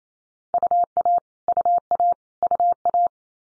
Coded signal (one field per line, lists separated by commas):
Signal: Morse code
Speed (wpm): 28 wpm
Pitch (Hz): 700 Hz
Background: none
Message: UA UA UA